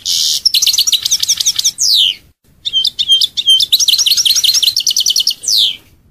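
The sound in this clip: European goldfinch singing a lively tinkling phrase with a harsh buzzy note, brief gap, then more rapid twitters, trills and a descending slurred note.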